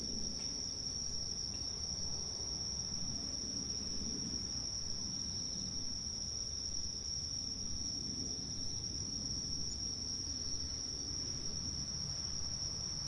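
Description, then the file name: Cicada chorus, a continuous steady high buzz held throughout, over low rumbling background noise. Countryside soundscape. "country side soundscape with cicadas"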